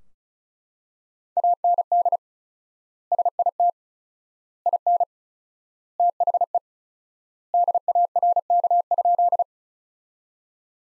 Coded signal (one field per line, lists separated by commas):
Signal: Morse code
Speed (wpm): 34 wpm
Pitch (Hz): 700 Hz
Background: none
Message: AND SIT IN THE DARK?